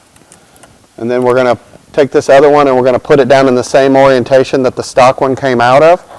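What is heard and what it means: The male plastic connector of an Ag Diesel Solutions Truck Edition 60261 module's fuel pressure harness is squeezed into the female connector on the engine of a 2019-2024 6.7L RAM Cummins truck. A few short, sharp clicks come at 0.2, 0.3 and 0.6 s, and the connector snaps home and seats at 0.3 s. From about 1 s on, someone talks.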